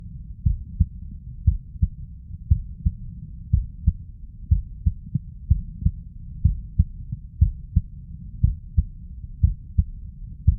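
Steady paired low thumps, a lub followed closely by a dub, repeat about once a second, roughly 60 beats a minute, with a soft low hum between beats. A clean, regular adult heartbeat heard through a stethoscope on the chest.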